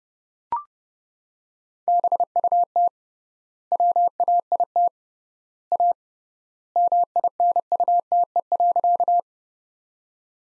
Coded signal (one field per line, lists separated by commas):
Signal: Morse code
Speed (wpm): 30 wpm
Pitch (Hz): 700 Hz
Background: none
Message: BUT WAIT A MINUTE.